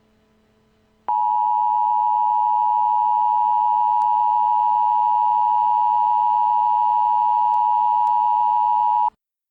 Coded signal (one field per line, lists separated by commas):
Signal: Emergency Alert System (SAME) tones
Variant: 853 and 960 Hz attention tone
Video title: EAS | Nuclear Attack Scenario #5